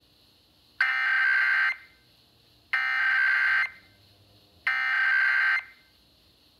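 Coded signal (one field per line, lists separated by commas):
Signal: Emergency Alert System (SAME) tones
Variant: header bursts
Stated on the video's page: National Periodic Test EAS tones captured on radio station WXBK-FM and Verizon.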